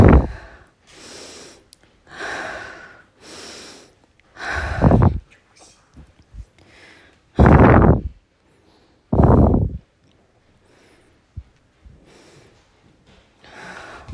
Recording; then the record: deep breathing after running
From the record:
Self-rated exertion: moderate exertion (3 of 6); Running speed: 7 miles an hour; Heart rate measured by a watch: 113 beats a minute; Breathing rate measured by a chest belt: 19 breaths a minute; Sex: female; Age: 30 years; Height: 160 cm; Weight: 51 kg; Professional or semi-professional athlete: no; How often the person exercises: 3 to 5 times a week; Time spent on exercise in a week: over 5 hours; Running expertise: no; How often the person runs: 3 to 5 times a week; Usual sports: running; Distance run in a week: 60 km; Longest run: 42 km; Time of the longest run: 267 minutes